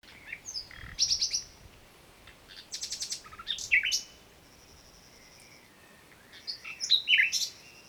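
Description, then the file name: Common nightingale song in bursts of rattling, buzzy notes and sharp whistles, separated by pauses with a faint high whistle. "Luscinia megarhynchos"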